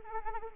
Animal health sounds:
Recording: mosquito wingbeat signal from an infrared sensor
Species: Anopheles arabiensis

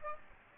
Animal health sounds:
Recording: mosquito wingbeat signal from an infrared sensor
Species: Aedes aegypti

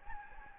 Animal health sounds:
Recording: mosquito wingbeat signal from an infrared sensor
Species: Anopheles gambiae

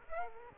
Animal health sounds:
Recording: mosquito wingbeat signal from an infrared sensor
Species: Aedes aegypti

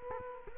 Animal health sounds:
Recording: mosquito wingbeat signal from an infrared sensor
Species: Culex quinquefasciatus

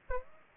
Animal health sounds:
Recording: mosquito wingbeat signal from an infrared sensor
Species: Aedes aegypti

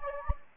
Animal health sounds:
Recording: mosquito wingbeat signal from an infrared sensor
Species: Anopheles gambiae

